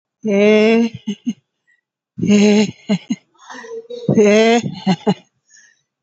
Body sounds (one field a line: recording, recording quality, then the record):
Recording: sustained vowel as in made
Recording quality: moderate, slight background noise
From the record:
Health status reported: COVID-19 positive, moderate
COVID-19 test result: positive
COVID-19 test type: RT-PCR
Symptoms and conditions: cough, breathing difficulty, fatigue, asthma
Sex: female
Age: 60 years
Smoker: no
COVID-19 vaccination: both doses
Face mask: not worn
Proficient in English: yes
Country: India